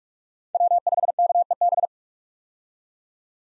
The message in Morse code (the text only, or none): W5KEB